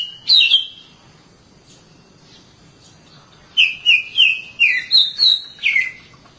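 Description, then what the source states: Oriental magpie-robin song: one short whistled phrase, a pause, then a quick series of about seven descending slurred whistles. Long-duration song.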